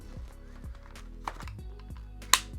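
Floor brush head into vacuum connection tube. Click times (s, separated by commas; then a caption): 2.3 s. The floor brush head of a MOOSOO M 300W cordless vacuum is pushed onto the connection tube until it locks, with soft music playing underneath and a few faint taps and handling sounds along the way. A small tap comes at about 1.3 s, and a loud sharp click at 2.3 s marks the brush head seating onto the tube.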